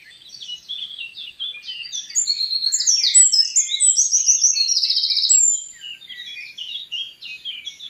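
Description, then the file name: Eurasian wren song, a rapid cascade of very high notes and a rattling trill, loud in the middle, with softer chirps around it. "Troglodytes troglodytes"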